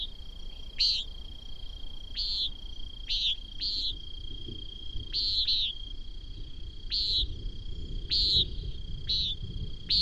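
A steady high insect tone runs throughout while sharp chirping calls repeat about every second, over a low rumbling background of wind or movement.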